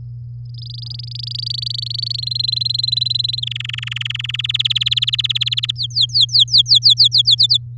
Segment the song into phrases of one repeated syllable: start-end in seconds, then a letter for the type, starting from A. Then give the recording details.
0.45-2.17 A, 2.18-3.40 B, 3.42-4.36 C, 4.38-5.71 D, 5.75-7.35 E, 7.38-7.57 F. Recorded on 10 May 2018 at 11:38. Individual llb16